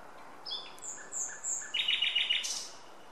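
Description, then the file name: Common nightingale song phrase: a few thin high whistles, then a fast trill of repeated notes with a harsh burst at the end. "Luscinia megarhynchos"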